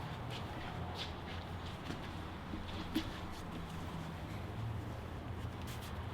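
A plastic seat trim cover is carefully positioned and lined up on the seat frame of BMW E92 M3 M Performance seats before being pressed home, during installation of a quick-release latch. Only faint rustling handling noises are heard over a steady low hum. Nothing has seated or clicked yet.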